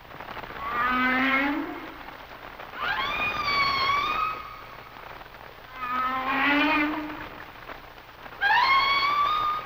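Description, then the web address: Humpback whale song: alternating harmonic units, a low rising moan then a higher upswept wail that levels off, repeated about every three seconds over a steady hiss. "Whale Songs Sounds of Nature - Humpback Whales"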